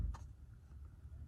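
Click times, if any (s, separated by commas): none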